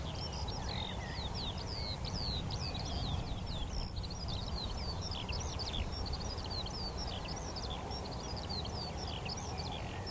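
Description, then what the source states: Eurasian skylark song: dense, ceaseless cascade of high chirps, buzzy trills and slurred whistles, with a low background rumble throughout. Chorus of skylarks rising from young barley, singing exultantly while climbing ever higher into cloudy sky; vast open field, northern edge of the Cotswolds, South Warwickshire.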